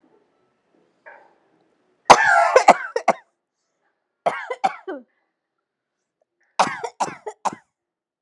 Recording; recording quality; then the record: heavy voluntary cough; excellent, no background noise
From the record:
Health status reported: healthy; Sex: female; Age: 35 years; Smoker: no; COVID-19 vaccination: one dose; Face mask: not worn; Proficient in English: yes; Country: India